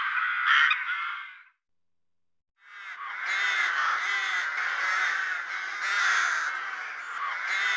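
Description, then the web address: Rook calls, a short burst of harsh calling, a pause, then a continuous chorus of overlapping rasping caws from many birds. "IVN Zangvogels. Roek"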